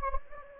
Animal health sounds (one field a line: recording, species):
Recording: mosquito wingbeat signal from an infrared sensor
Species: Anopheles gambiae